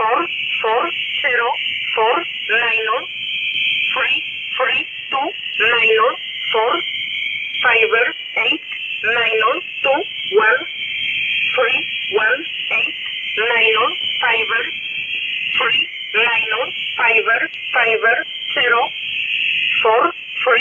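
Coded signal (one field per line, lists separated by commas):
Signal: numbers station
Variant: E11 Oblique, English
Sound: female-style voice reading English digits one by one, evenly spaced, over radio hiss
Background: radio static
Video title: 5432kHz USB Polish Number Station E11 calling 232 (Jan 11, 2026)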